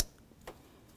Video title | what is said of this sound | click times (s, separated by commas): How to Replace 2007-12 Nissan Sentra Variable Valve Timing Solenoid | slide it up in listen for a click give it a nice tug make sure it's secure | 0.5 s